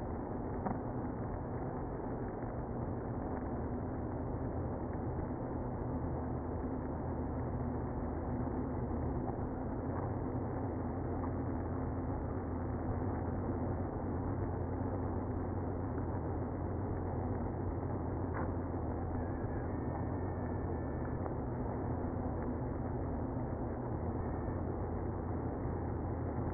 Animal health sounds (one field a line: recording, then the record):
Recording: honeybee colony, microphone inside the hive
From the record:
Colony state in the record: queenless (queen removed)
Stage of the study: after two queens were removed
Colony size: about 60,000 bees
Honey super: yes